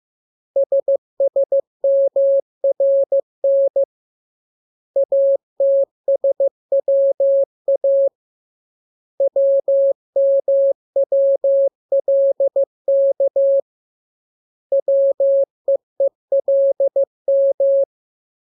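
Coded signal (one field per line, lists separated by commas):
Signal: Morse code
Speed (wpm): 15 wpm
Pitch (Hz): 550 Hz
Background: none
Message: SSMRN ATSWA WMWLK WEELM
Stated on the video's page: Lesson drill of letters, each radiogram opened with VVV and a section sign and closed with AR.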